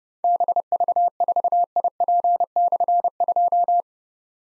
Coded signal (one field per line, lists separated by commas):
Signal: Morse code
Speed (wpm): 30 wpm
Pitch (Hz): 700 Hz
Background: none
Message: BV4IP/2